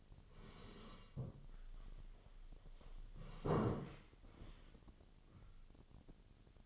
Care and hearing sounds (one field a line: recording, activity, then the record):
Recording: daily activity, microphone in the room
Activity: sit down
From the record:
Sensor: 4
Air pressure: 1016.1 hPa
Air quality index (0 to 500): 164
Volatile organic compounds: 6 ppm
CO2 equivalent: 1869 ppm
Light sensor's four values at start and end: 9/20/8/7 and 9/20/8/7